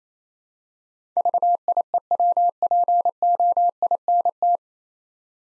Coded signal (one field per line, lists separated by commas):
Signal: Morse code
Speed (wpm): 27 wpm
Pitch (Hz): 700 Hz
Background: none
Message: VIEWPOINT